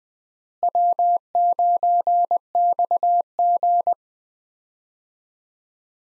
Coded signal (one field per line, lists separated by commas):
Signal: Morse code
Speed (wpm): 21 wpm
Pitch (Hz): 700 Hz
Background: none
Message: W9XG